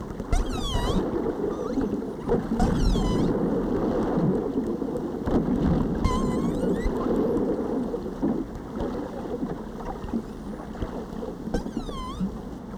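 Whale calls: several short tonal sweeps rising and falling in pitch, in bursts every few seconds, over steady low underwater noise.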